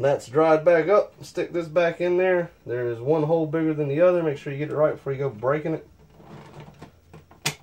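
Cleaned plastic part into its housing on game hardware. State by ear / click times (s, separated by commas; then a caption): seated / 7.5 s. Someone talks while pushing a cleaned plastic piece back into its housing on a video game item during reassembly after cleaning, lining it up because one hole is bigger than the other. After the talking stops, faint handling ticks lead into a sharp click at 7.5 s as the plastic part seats in place.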